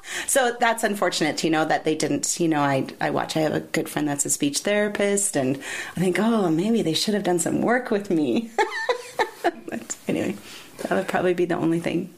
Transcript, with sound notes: So that’s unfortunate, you know, that they didn’t, you know, I watc- I have a good friend that’s a speech therapist, and I think, “Oh, maybe they should have done some work with me.” [Subject laughs.] But, anyway, that would probably be the only thing.